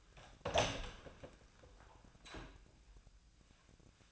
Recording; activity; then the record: daily activity, microphone in the room; open door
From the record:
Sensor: 2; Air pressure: 1009.1 hPa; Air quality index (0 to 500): 185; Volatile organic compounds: 3 ppm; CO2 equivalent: 1342 ppm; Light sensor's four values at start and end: 31/82/35/37 and 31/82/35/37